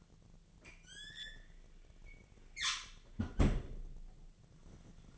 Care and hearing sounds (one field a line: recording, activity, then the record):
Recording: daily activity, microphone in the room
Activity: close fridge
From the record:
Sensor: 4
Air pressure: 1010.5 hPa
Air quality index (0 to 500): 177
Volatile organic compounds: 5 ppm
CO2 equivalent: 1798 ppm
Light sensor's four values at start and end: 26/80/31/32 and 32/95/37/37